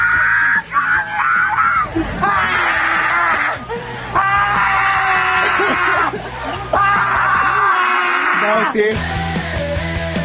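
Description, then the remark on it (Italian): A Roma woman screams and yells in a series of loud, shrill, drawn-out bursts, one after another with brief breaks, over a steady low background hum. “Senti come urla!”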